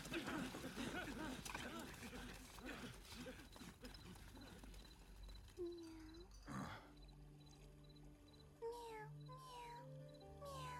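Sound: cat meowing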